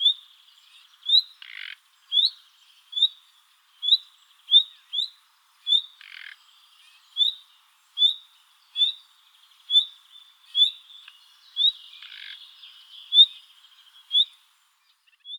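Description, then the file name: Common nightingale giving short, rising whistled notes repeated roughly every second, with a few brief harsh rasping bursts between them. "Luscinia megarhynchos"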